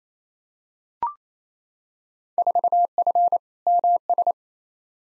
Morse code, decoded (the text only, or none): 4F MS